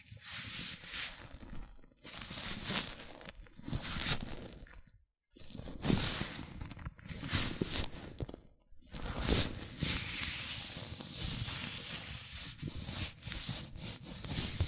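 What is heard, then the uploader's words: Latex gloves rub and squeak against hands in bursts of crinkly, rustling friction, with bright snaps and stretches scattered throughout. The handling is fairly dense and irregular, broken by brief silences near five and eight and a half seconds. ASMR Latex Gloves Hand Sounds (No Talking).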